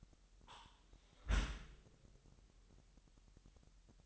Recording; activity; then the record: daily activity, microphone in the room; close dishwasher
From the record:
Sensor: 3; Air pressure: 998.3 hPa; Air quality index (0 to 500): 148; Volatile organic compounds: 5 ppm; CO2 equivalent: 1764 ppm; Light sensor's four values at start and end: 13/40/16/15 and 13/40/16/15